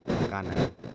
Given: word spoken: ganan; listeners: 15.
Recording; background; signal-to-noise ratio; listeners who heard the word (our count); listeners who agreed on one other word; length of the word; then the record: one Spanish word in noise, from a listening test; noise modulated by one talker; -7.0 dB; 2 of 15; 7 of 15; 0.55 s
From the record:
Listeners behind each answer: 7, 3, 2, 2, 1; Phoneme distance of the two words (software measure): 17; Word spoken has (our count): 2 syllables, 5 phonemes, stress on syllable 1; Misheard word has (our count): 2 syllables, 4 phonemes, stress on syllable 1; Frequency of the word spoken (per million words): 8.52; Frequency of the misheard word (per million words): 1.52